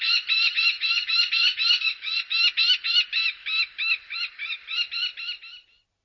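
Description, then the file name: Common kestrel call series: a rapid, steady run of piercing 'kee' notes, about four per second, that fades slightly before stopping. "turmfalke"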